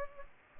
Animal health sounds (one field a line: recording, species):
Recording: mosquito wingbeat signal from an infrared sensor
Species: Culex pipiens